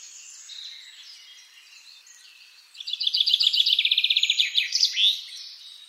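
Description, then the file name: Common chaffinch song: soft background chirping gives way to a loud, rapid trill ending in an emphatic flourish. "Fringilla coelebs"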